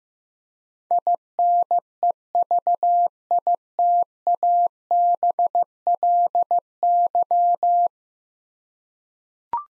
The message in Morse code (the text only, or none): INEVITABLY